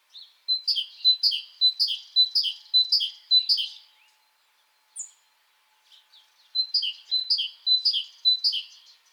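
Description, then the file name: Great tit singing a ringing two-note phrase, repeated for several seconds, a brief pause with one thin high note, then the same phrase series resumes. "Parus major"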